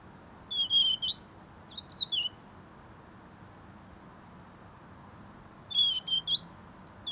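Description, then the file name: European robin with a long, rippling, high-pitched phrase of sliding and trilled notes, a quiet gap of several seconds, then a shorter sweet phrase. "Erithacus rubecula"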